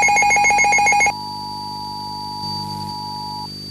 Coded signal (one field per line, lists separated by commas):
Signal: Emergency Alert System (SAME) tones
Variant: 853 and 960 Hz attention tone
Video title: A Winter's Nightmare (EAS Scenario)